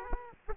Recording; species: mosquito wingbeat signal from an infrared sensor; Aedes aegypti